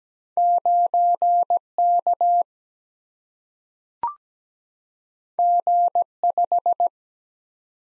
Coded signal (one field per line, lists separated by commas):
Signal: Morse code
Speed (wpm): 17 wpm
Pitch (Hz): 700 Hz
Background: none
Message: 9 K G 5